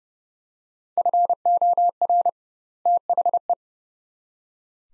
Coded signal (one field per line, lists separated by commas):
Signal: Morse code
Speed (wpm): 29 wpm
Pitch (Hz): 700 Hz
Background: none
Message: FOR THE